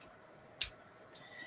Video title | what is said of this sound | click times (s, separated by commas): 👑 Stampin' Up! This Birthday Piggy Magnetic Slider Card | stiffer you can hear them like click | 0.6 s